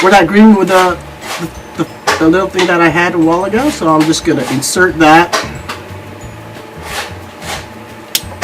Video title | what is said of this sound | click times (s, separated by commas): How to fix your sink | you hear that click. Did you hear that? So that's now locked in right there. | 8.1 s